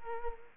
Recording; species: mosquito wingbeat signal from an infrared sensor; Culex quinquefasciatus